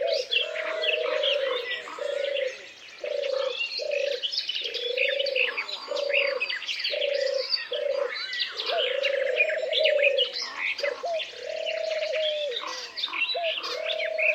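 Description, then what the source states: Birds singing together, a dense mix of chirps and trills over repeated low hooting coos in short phrases every second or two. Many birds singing together in a forest.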